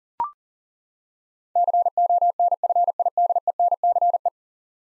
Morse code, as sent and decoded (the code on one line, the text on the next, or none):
-.-. --- -. ..-. .. -.. . -. -.-. .
CONFIDENCE